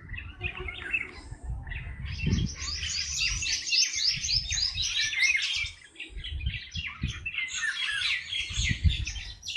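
Birds singing in a dense chorus of high twittering and chirping phrases, with low rumbling thumps underneath at intervals.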